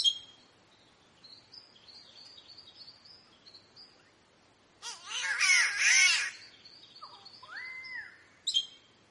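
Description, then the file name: Green catbird gives a single grating, cat-like wail after a stretch of faint whistles, followed by a rising whistled note and a high chip. "canto do passaro gato verde"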